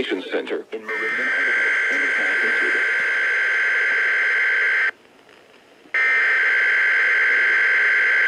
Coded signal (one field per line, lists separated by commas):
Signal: Emergency Alert System (SAME) tones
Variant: header bursts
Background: speech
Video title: Idaho's RMT (EAS #3645-3647)